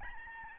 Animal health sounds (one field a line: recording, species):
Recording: mosquito wingbeat signal from an infrared sensor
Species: Aedes albopictus